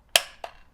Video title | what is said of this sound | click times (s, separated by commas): How to use an AR-15 for beginners! | that click tells me it's inserted if the bolts were forward and it were not held back | 0.2 s